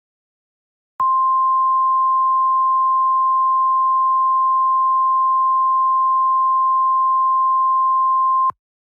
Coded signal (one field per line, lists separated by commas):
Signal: Emergency Alert System (SAME) tones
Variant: 1050 Hz attention tone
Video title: EAS Scenario 7|| Tornado Emergency 1 : The Tulsa Incident